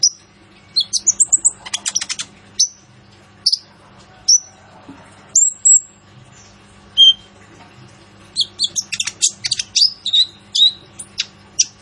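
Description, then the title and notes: Kolibri Ninja song: rapid chip series, then spaced single whistled notes, ending in a lively jumble of high chirps. Masteran training recording for songbirds of a lively 'gacor' Kolibri Ninja, full of 'isian' filler phrases and 'tembakan' shots, meant as pancingan to lure a bird into singing. "MASTERAN KOLIBRI NINJA FULL ISIAN DAN TEMBAKAN COCOK BUAT PANCINGAN. Suara Burung Kolibri Ninja Gacor"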